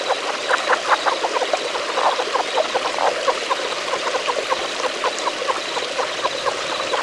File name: Rana onca